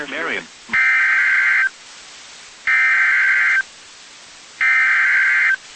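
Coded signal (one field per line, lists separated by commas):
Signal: Emergency Alert System (SAME) tones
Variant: header bursts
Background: speech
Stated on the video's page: Four severe thunderstorm warning EAS alerts from NOAA weather radio station KIG86, Columbus, Ohio.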